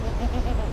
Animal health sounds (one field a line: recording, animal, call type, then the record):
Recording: contact call of a hoofed animal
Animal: goat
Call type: low-frequency (closed-mouth) or high-frequency (open-mouth) call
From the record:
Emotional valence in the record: negative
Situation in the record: short social isolation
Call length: 0.72 s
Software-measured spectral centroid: 1550 Hz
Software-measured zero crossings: 650 a second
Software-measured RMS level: -24 dBFS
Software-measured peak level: -14 dBFS